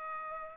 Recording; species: mosquito wingbeat signal from an infrared sensor; Aedes aegypti